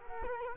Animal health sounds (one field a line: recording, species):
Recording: mosquito wingbeat signal from an infrared sensor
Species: Culex quinquefasciatus